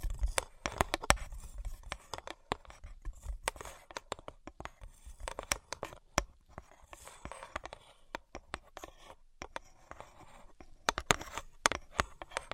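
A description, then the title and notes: Quick, irregular tapping fills the whole stretch, each tap a sharp, bright click that stands out from a hushed background. The taps come in dense flurries with brief pauses, some crisper and louder than others, with a faint scratchy rustle between them. ASMR Brain Penetrating 3D Tapping (No Talking).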